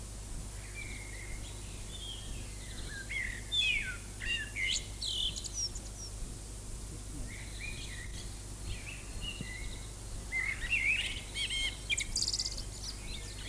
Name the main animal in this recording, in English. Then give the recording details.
Common Blackbird. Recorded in the wild. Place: Lübars, Benekendorffstraße, Berlin, DE. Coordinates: 52.6167, 13.3469. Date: 2004-05-01 12:31. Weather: sunny, 21°C. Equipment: Fair Mate ST-1328 (Asahi Electronics, Japan), Sennheiser ME 80, Kopie Uher 4000 Report Monitor. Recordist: Tembrock, Günter